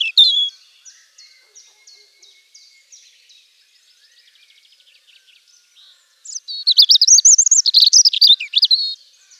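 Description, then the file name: European robin song: a bright opening note, then a soft series of thin repeated ticking notes fading away, before a loud, rich tumbling warble of high twittering phrases. "Jean Roch - Rougegorge"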